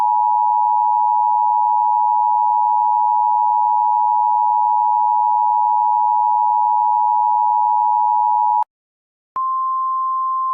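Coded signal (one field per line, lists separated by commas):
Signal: Emergency Alert System (SAME) tones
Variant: 853 and 960 Hz attention tone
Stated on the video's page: Fictional joke alert.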